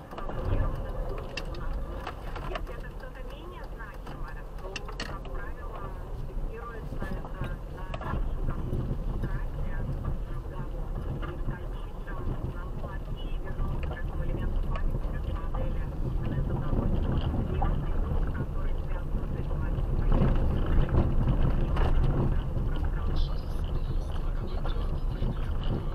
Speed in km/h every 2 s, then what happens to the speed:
5, 8, 5, 9, 8, 6, 5, 9, 13, 17, 17, 16, 12.
0-12 steady at about 6. 12-18 speeds up to 17.